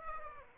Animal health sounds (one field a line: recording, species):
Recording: mosquito wingbeat signal from an infrared sensor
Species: Aedes aegypti